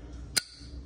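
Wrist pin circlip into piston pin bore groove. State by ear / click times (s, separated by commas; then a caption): seated / 0.4 s. A steel wrist pin circlip is seated into the groove of a piston pin bore by pushing the pin from the other side to force the rest of the clip home. A single sharp click is heard at 0.4 s over a low background hum. The clip snaps into place and is confirmed seated.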